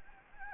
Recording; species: mosquito wingbeat signal from an infrared sensor; Anopheles gambiae